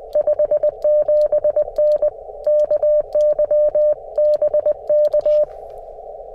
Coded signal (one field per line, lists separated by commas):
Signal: Morse code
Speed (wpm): 19 wpm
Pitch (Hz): 600 Hz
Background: none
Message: 57N KY BK